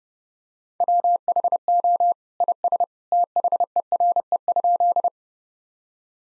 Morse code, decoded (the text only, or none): WHO IS THERE?